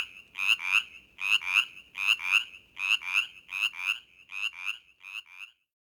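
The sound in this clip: Brimley's chorus frog giving harsh, raspy trilled notes in close pairs, repeated a little faster than once a second, fading toward the end before silence.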